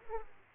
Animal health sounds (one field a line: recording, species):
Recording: mosquito wingbeat signal from an infrared sensor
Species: Aedes aegypti